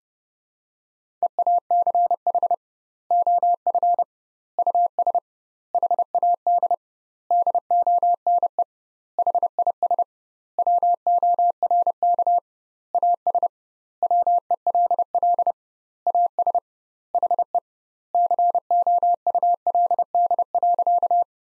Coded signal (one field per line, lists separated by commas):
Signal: Morse code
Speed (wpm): 30 wpm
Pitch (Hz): 700 Hz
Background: none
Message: EACH OF US HAD DONE HIS WORK AS WELL AS HE COULD.